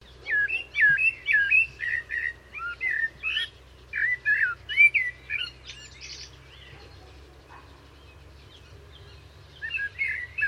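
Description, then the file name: Common blackbird song, a busy string of fluted and squeaky notes for about six seconds, then quiet before a few final whistles, over a low hum. "Turdus merula"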